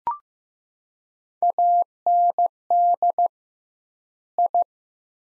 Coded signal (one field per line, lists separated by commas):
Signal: Morse code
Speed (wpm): 15 wpm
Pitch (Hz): 700 Hz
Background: none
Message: AND I